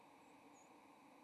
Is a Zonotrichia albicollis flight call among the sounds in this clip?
yes